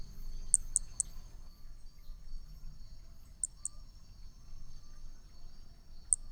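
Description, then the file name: Brachycephalus hermogenesi calling in short, high-pitched bursts of two or three quick clicks, spaced a few seconds apart, with a constant high insect hum behind. Picinguaba, Brazil, 13 December 2017, at 5 to 20 cm from the animal; individual 4, example 3. "MHNCI B hermogenesi Picinguaba ind 4 ex 3 tudo 5-20 cm distancia 13 dez 2017 MRB"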